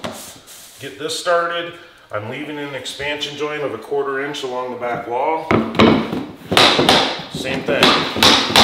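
A vinyl floor plank is being worked into the locking edge of the adjacent plank, with its click-lock joint tapped using a tapping block. Someone talks for most of the clip, then a run of sharp, broadband taps follows from about 5.5 seconds to the end. Nothing has seated or clicked yet.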